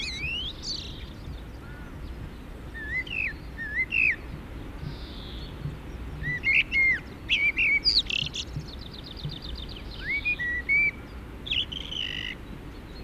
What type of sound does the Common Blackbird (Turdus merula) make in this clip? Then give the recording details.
song. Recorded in the wild. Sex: male. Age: adult. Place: Garmisch-Partenkirchen, Bayern, DE. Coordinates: 47.4939, 11.0658. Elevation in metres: 789. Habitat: mountains. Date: 1969-04-13. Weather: Schneefall. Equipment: Uher 4000 Report. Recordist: Tretzel, Erwin